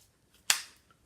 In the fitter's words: you just poured out you put back locks